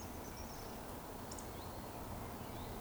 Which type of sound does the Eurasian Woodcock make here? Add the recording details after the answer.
whistle. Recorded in Baden-Württemberg, Germany, on 11 June 2020 at 19:40 UTC. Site 14569, 102 m above sea level